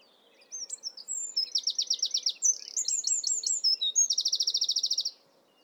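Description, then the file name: Eurasian wren song: a loud, fast run of high notes with several rapid buzzy trills, ending in a long even rattle, over a faint low background hum. "Troglodytes troglodytes"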